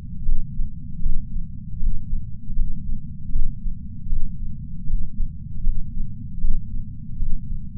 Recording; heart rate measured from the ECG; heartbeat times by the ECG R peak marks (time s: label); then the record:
heart sounds by patch sensor on the chest; 78 bpm
0.26 s: heartbeat
1.03 s: heartbeat
1.80 s: heartbeat
2.56 s: heartbeat
3.33 s: heartbeat
4.10 s: heartbeat
4.87 s: heartbeat
5.64 s: heartbeat
6.42 s: heartbeat
7.20 s: heartbeat
From the record:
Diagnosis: coronary artery disease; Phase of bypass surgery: postoperative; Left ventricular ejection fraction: 43.8%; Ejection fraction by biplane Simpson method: 45%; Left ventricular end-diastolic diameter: 59 mm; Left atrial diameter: 36 mm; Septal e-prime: 6.9 cm/s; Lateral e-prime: 6.4 cm/s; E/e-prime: 9.2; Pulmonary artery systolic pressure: 22 mmHg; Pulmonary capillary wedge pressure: 19 mmHg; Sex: male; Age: 57 years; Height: 183 cm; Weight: 85 kg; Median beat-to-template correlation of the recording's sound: 0.89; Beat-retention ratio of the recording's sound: 0.99